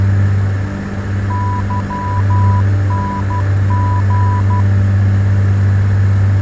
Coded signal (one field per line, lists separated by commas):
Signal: Morse code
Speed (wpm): 12 wpm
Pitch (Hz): 990 Hz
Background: none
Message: YNG